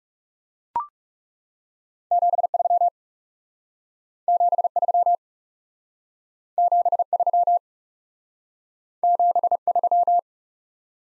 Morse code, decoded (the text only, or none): 73 73 73 73